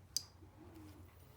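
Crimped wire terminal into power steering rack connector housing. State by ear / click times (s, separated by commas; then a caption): seated / 0.2 s. A crimped power wire terminal is pushed into the power connector housing of a Ford EPAS (electric power steering) rack. One sharp, loud click is heard at 0.2 s as the terminal seats in the housing, followed by a low background hum.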